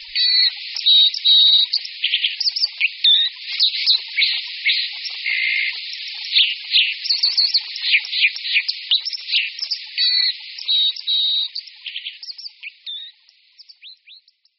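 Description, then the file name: White-throated dipper singing a long rapid warble of sharp chirps, trills and held whistled notes, dense at first, then thinning into scattered upswept notes before fading out. "Skorec-vodní"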